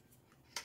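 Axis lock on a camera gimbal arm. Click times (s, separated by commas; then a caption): 0.6 s. The axis lock on a DJI Ronin RS2 handheld camera gimbal arm is engaged to hold it still for balancing, and it gives one short, sharp click at 0.6 s, after a faint tick at 0.3 s. The lock seats into place and the arm doesn't move. No one talks during the clip.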